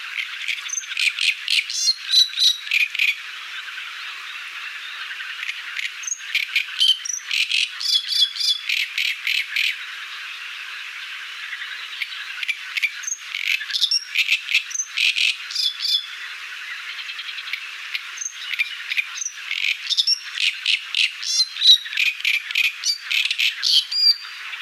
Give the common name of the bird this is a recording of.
Great Reed Warbler